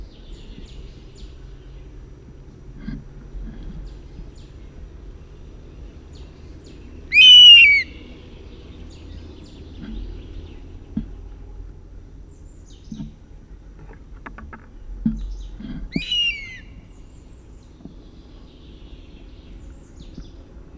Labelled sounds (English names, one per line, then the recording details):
European Honey Buzzard call
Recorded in the wild
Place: Babadag, Dobrogea, RO
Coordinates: 44.695, 28.434
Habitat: Forest
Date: 1976-06-01 09:05
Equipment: Nagra III BH, Sennheiser MD 21, parabola
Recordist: Schubert, Michael
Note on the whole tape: Langrufe ("hiä") eines Wespenbussards, der über dem Horst segelt